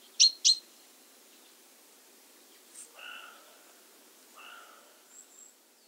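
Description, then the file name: Great tit gives two sharp high chips, followed by two softer, lower notes and a faint thin whistle. "Parus major"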